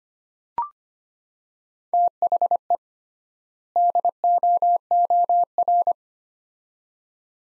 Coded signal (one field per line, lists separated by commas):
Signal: Morse code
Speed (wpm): 25 wpm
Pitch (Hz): 700 Hz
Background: none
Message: THE DOOR